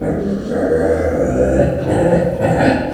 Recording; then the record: squeal of a Yucatan mini pig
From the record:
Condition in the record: after surgery on the right vocal fold (resection and tissue-engineered implant); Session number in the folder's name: 2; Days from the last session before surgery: 18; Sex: female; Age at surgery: 19 weeks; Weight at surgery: 25 kg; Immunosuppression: prednisolone